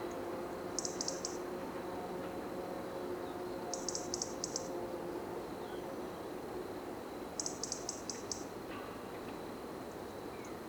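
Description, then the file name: European robin calls: three bursts of several fast, sharp high ticks, a few seconds apart, over steady background rumble and hiss. "Erithacus rubecula"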